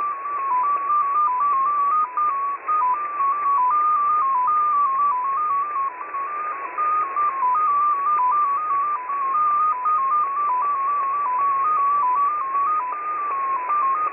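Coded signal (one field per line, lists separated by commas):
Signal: multi-tone FSK (Olivia or MFSK type)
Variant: XPA2 14-tone MFSK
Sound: a single pure tone hopping between nearby pitches several times a second, steady and continuous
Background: radio static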